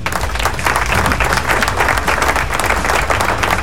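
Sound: applause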